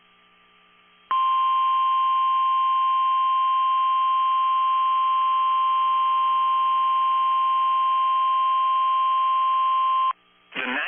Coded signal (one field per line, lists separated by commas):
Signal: Emergency Alert System (SAME) tones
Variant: 1050 Hz attention tone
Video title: NOAA Weather Radio - Severe Thunderstorm Warning [EAS #101] (3/19/22)